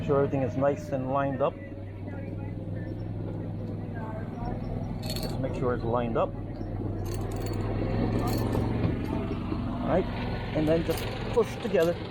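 The halves of a metal snap fastener are lined up in a setting tool on a canvas boat cover before being pushed together, with faint metallic handling and jingling over a steady low background hum while someone talks. Nothing has seated or clicked yet.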